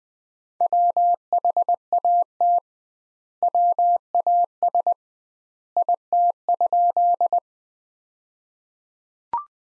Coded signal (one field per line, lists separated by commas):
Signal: Morse code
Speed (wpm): 20 wpm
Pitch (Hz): 700 Hz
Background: none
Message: WHAT WAS IT?